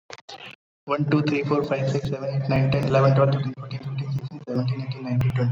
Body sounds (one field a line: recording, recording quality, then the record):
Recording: counting at a fast pace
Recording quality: moderate, slight background noise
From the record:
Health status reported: COVID-19 positive, mild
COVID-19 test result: positive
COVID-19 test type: RT-PCR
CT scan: not taken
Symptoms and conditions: cold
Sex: male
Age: 27 years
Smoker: no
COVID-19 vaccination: both doses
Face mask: not worn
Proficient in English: yes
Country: India